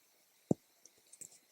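A snap fastener on the keyring strap of a leather Apple AirTag case is pressed shut, giving a single soft, low snap at 0.5 s followed by a few faint light ticks. The snap closes quietly but is seated.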